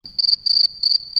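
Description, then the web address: Cricket chirping, a steady high trill pulsing in quick bursts of louder chirps, with faint low rumble beneath. "Ya Thar Th Sha Rma 999 sound effects. Crickets chirpinn"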